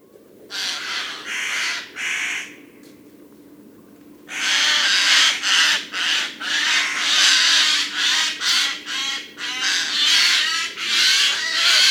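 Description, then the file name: Eurasian Jay uttering loud, raspy screeches, a few at first, then a rapid, almost continuous run of harsh bursts over a faint steady hum. "Garrulus glandarius"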